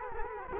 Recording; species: mosquito wingbeat signal from an infrared sensor; Culex quinquefasciatus